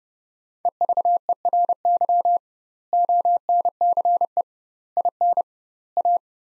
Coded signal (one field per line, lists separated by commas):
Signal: Morse code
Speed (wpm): 32 wpm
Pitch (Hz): 700 Hz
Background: none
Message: EVERY ONCE IN A